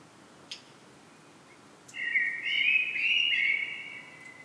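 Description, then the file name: Common blackbird song: after a faint click, one sustained, mellow warbling phrase of about two seconds with a slightly higher twittered middle. "Turdus merula"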